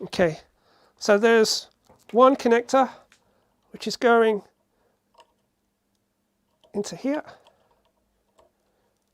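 Someone talks while handling a keyed cable connector, bringing it toward its socket on an Anycubic Vyper 3D printer during assembly, with a few faint brief ticks between the speech. The connector has not seated or clicked into place yet.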